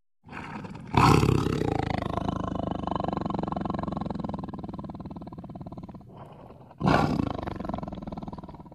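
Tiger roar, a harsh burst that trails into a long, throaty pulsing rumble for several seconds, followed by a second sudden roar near the end.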